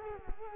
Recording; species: mosquito wingbeat signal from an infrared sensor; Culex quinquefasciatus